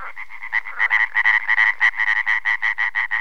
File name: løvfrø